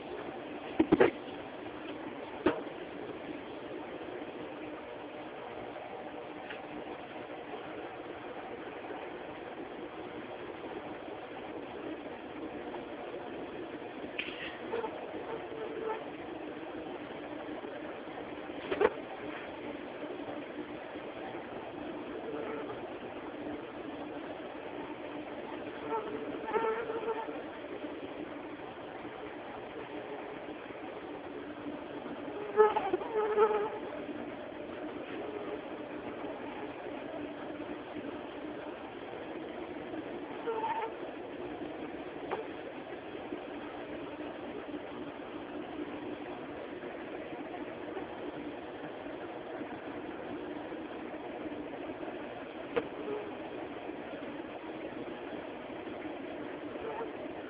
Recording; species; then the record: mosquito flight sound by mobile phone; Aedes mediovittatus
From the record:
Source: UCD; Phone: Samsung T209